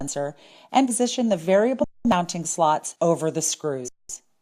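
Someone talks while a Tork S4 foam soap dispenser housing is handled at its wall mounting plate, with its variable mounting slots being positioned over the plate's partly tightened screws, left about 4 mm off the surface. The dispenser has not yet been slid down, and nothing has seated or clicked yet.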